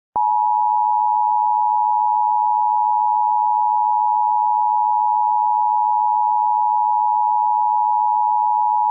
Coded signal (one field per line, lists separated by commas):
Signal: Emergency Alert System (SAME) tones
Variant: 853 and 960 Hz attention tone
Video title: EAS Simulación - EAS mock - Carrollton Flood